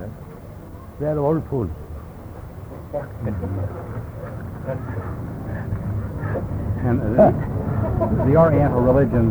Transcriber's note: laughter